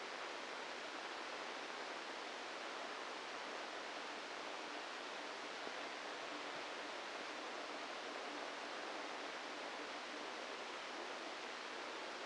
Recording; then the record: brain microelectrode recording played as sound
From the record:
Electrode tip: inside the subthalamic nucleus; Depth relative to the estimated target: 0 mm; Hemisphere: left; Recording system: NeuroSet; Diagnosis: Parkinson's disease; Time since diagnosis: 27 years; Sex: male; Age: 62 years